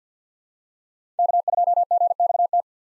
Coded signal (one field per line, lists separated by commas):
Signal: Morse code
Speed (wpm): 50 wpm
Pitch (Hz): 700 Hz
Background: none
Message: K2GXT